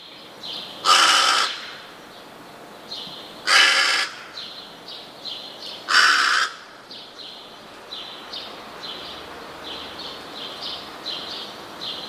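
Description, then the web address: Rook giving three loud, harsh caws, with many faint, short, higher calls in the background. "wroblowe ptaki gawron"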